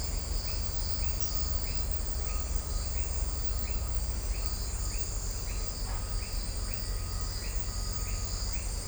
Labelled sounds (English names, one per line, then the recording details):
none
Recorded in shrubland near Pivijay, Magdalena, Colombia, on 2 June 2023 at 18:30
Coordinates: 10.453, -74.365
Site P5-G022